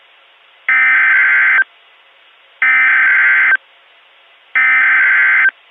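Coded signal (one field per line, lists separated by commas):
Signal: Emergency Alert System (SAME) tones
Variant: header bursts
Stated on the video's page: Fictional EAS scenario containing valid EAS tones.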